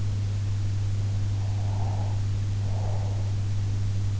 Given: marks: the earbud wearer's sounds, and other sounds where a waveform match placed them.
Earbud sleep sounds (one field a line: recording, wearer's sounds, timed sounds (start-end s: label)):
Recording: sounds in sleep by an in-ear microphone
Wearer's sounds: breath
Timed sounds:
1.25-3.54 s: breath